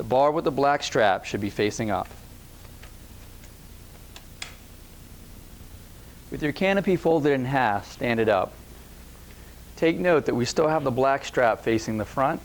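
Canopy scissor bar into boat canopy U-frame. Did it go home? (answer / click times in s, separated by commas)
yes / 4.2 s, 4.4 s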